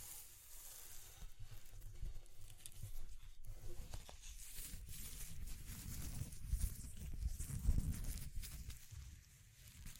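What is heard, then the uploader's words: ASMR texture exploration with uneven scratching and rubbing, broken by short crackly taps at irregular moments. A low, bumpy rumble runs underneath throughout. The handling grows busier around three seconds and again near seven to eight seconds, then eases off toward the end. ASMR Exploring Textures (No Talking).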